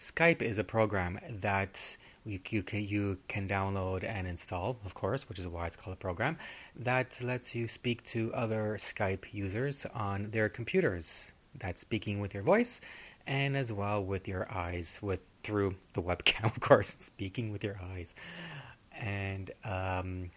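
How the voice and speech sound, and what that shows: Adult male speech with part-word repetitions ("you-you-c-you can") and drawn-out pauses, consistent with stuttering.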